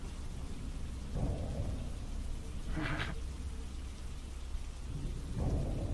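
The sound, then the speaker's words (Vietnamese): Steady rain pours down in a continuous hiss, with low rumbles of thunder swelling at intervals and a brief brighter burst in the middle; no one speaks. “Còn Mích từ ngoài sân mưa chạy sổ vào, toàn thân nó ướt sũng nước mưa”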